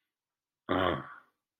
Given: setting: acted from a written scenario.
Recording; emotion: vocal sound without words; desire